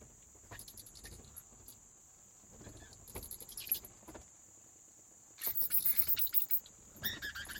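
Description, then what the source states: Bat wing flaps, soft fluttering bursts in several separate bouts, the loudest flurry near the end, over a steady high-pitched whine. Wing flaps of bats recorded in a cave habitat.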